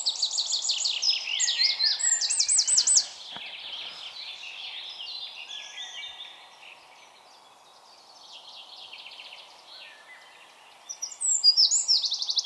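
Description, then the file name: Eurasian wren song: loud, rapid high trills and rattling phrases, then softer jumbled warbling, then another bright fast trill bursting in near the end. "Troglodytes troglodytes"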